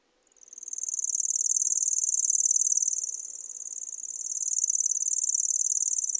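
Bird reeling song: a very high, even, insect-like mechanical trill running without a break, swelling and dipping slightly in loudness.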